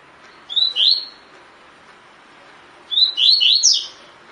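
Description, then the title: Double-collared seedeater song: a short two-note whistled phrase, then after a pause a longer run of quick sliding whistles. Song in the "tui tui" style; the bird is described as fibra (spirited). "COLEIRO DE GOLA TUI TUI FIBRA"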